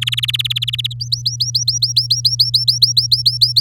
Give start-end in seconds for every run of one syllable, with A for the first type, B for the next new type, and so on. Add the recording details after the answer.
0.01-0.93 A, 1.00-3.60 B. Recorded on 8 May 2018 at 06:44. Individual llb16